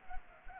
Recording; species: mosquito wingbeat signal from an infrared sensor; Culex pipiens